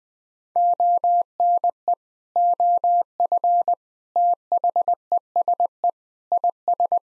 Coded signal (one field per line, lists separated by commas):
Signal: Morse code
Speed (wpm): 20 wpm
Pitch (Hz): 700 Hz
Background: none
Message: ONE OF THESE IS